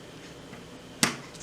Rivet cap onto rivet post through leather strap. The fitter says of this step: should snap in place all